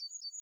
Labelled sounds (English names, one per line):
Yellowhammer song